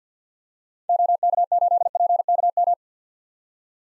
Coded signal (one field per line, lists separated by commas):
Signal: Morse code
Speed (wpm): 50 wpm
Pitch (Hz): 700 Hz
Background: none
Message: OK8PKM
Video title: 2023 SOTA Activator Call Signs - 50wpm